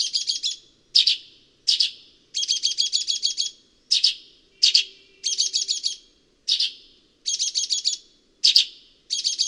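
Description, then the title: Sultan tit: repeated grating chirps mixed with short staccato rattles of high notes, at a brisk, uneven pace. "G3latik b4t0. Sultan Tit (Melanochlora sultanea)"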